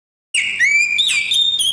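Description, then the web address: Bird giving a whistled call, a tone dipping and then held steady with clear harmonics, then a higher swooping note and a short final whistle. "Chika Pengusir-Hama-Burung-Otomatis. bird Recording 24"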